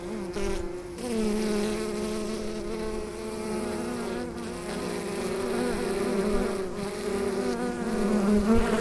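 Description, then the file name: Bee buzzing in flight, a steady droning hum with harmonic bands that wavers slightly in pitch and swells louder toward the end. "Bienenflug"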